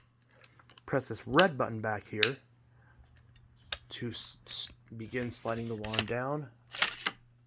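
Someone talks over a low hum while handling a Dyson DC33 upright vacuum: the red release button at the back is pressed so the polycarbonate wand can slide down into the handle, ready for its plastic wand cap to be snapped shut onto the wand housing, since the machine has an automatic changeover valve. Faint taps and a few sharp handling knocks are heard, but nothing has seated or clicked yet.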